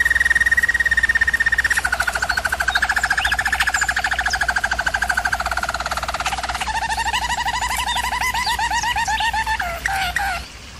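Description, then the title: German Roller canary song with a high steady trill sliding into a long fast-pulsed roll, stepping down to a deeper rolling tour before short final notes; low background hum. German Roller canary singing, for canary training. "German Roller Canary Singing - Canary Training Vid"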